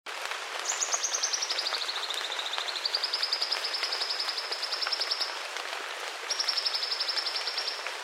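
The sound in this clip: Black-breasted sunbird singing a long, rapid, high trill that dips lower then levels out, followed by a second steady trill, with continuous hiss behind.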